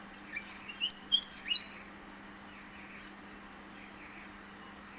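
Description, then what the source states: Willie wagtail calls, a quick burst of sharp, high chirps lasting under a second, then a few faint notes over a steady low hum. Australia.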